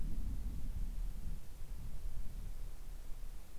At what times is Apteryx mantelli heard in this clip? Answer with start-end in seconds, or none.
none